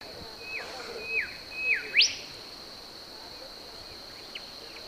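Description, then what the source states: Brown-backed whistler singing three level whistles that each slur downward, then a loud whip-like rising note at two seconds, followed by quiet with a constant high background hiss. Papua New Guinea.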